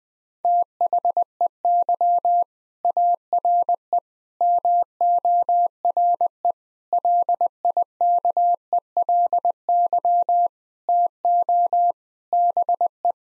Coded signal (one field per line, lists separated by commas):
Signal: Morse code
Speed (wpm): 21 wpm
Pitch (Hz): 700 Hz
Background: none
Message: THEY ARE MORE LIKELY TO BE